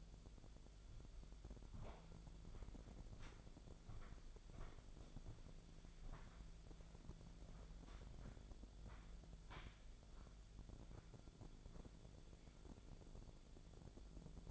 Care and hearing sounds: daily activity, microphone in the room; walk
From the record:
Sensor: 5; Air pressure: 1008.5 hPa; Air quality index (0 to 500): 158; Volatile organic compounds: 3 ppm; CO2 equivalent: 1527 ppm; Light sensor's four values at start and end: 68/187/74/75 and 68/186/74/75

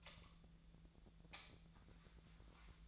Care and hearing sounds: daily activity, microphone in the room; light on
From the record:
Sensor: 3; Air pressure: 1009.7 hPa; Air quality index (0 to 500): 191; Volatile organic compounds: 15 ppm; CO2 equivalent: 2483 ppm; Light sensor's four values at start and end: 37/91/39/42 and 43/114/48/49

